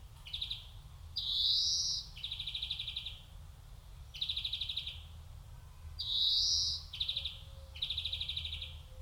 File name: Chloris chloris